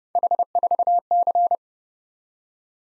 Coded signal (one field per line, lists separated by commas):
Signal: Morse code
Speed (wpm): 30 wpm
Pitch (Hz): 700 Hz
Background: none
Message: H4C